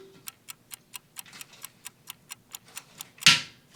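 A toilet supply line's click-to-tight coupling nut is threaded by hand onto the fill valve shank, and a steady series of small ticks is heard as it turns. At 3.3 s the nut gives a much louder final click as it reaches its set tightness. The click feature keeps the nut from being overtightened and cracking.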